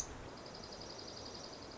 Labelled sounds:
Dark-eyed Junco (Junco hyemalis)

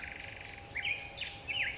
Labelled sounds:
Black-headed Grosbeak (Pheucticus melanocephalus)

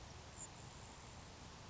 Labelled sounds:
Grasshopper Sparrow (Ammodramus savannarum)

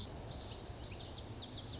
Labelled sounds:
Lazuli Bunting (Passerina amoena)

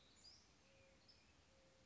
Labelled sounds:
Mourning Dove (Zenaida macroura)

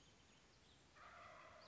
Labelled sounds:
Wild Turkey (Meleagris gallopavo)

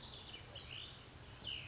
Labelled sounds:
Cassin's Vireo (Vireo cassinii)

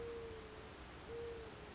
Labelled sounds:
Mourning Dove (Zenaida macroura)

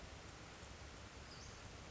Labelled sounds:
Western Flycatcher (Empidonax difficilis)

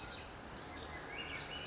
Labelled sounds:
Swainson's Thrush (Catharus ustulatus)

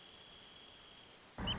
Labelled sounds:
Wrentit (Chamaea fasciata)

